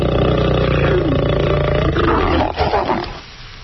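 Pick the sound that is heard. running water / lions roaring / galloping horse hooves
lions roaring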